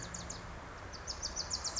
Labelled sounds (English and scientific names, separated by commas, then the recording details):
Wilson's Warbler (Cardellina pusilla)
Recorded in Sonoma County, California